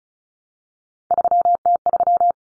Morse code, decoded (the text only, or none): 3T3